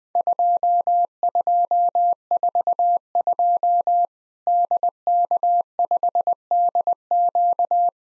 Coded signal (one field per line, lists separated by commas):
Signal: Morse code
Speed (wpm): 20 wpm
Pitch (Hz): 700 Hz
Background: none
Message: 2242 DK5DQ